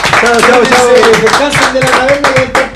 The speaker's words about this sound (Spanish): Y el aplauso más grande para nuestros bomberos de Chile, compadre. Se lo merecen todo.